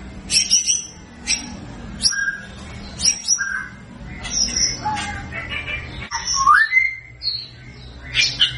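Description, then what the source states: White-rumped shama song: varied bursts of high whistled and harsh notes, each phrase short and separated by brief pauses, with a low steady hum beneath. Lure recording used to make white-rumped shamas respond; bird described as singing actively and loudly.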